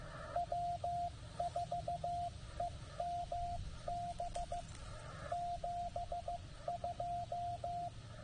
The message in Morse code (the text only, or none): W4EMB 72